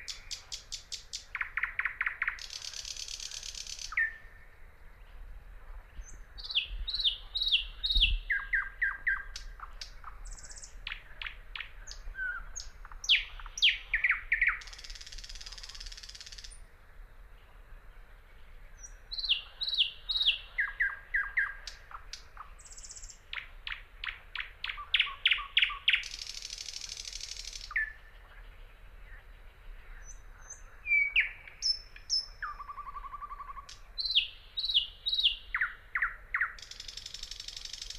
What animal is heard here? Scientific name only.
Luscinia luscinia